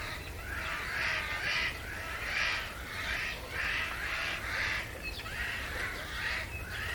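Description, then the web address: Eurasian jay screeching repeatedly, harsh scratchy calls coming in quick succession, with a low background drone. "vogelstimmen eichelhaeher ruf nabu lars lachmann"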